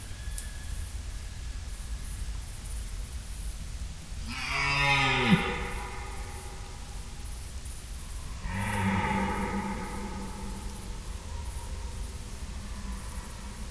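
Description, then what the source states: Red deer stag roars, two deep harmonic bellows a few seconds apart, the first with a falling rumbling end, over a steady low hum and faint background hiss. Red deer stags calling overnight during the rut in Schönbuch near Tübingen, Germany, September 2023.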